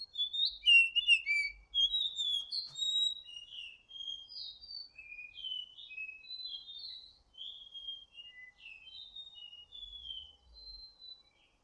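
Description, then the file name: Whistling thrush song: a steady stream of clear, high whistled notes, some rising and some falling, in quick varied phrases, with a few low thumps at the start and end. Whistling song used to lure the birds. "suara ciung batu siul untuk memancing"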